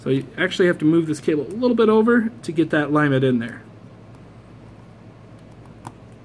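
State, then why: Seated. Someone talks while nudging a screen flex cable over to line it up on an iPhone 5SE, then presses it into its socket on the phone's logic board. After the talking stops, a quiet pause ends with a sharp, brief click at 5.9 s as the flex connector seats.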